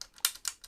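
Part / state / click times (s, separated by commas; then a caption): plastic M.2 retention latch on motherboard / seated / 0.2 s. A plastic tool-less M.2 retention nub on an MSI B850 Tomahawk WiFi motherboard is pushed in to lock it, giving a sharp click at 0.3 seconds. Lighter ticks come at about 0.0, 0.5 and 0.6 seconds, and the latch is locked into place.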